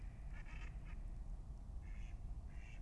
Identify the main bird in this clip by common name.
Mallard